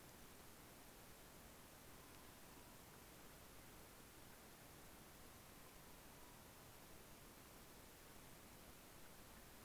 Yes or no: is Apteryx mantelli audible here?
no